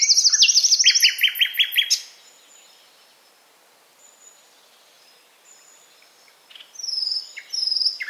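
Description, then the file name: Common nightingale song: a rapid, high trill of repeated notes, then a burst of lower repeated chirps, a pause of several seconds, and another phrase near the end. "Luscinia megarhynchos"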